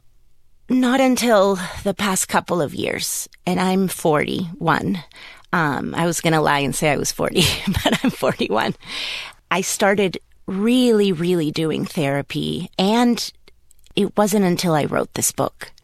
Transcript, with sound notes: Not until the past couple of years, and I'm 41. I was going to lie and say I was 40, (laughter) but I'm 41. I started really, really doing therapy, and it wasn't until I wrote this book.